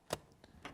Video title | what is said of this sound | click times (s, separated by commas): Sony FS700 | we'll place it in the compartment at the back and slide it over until it clicks and now | 0.7 s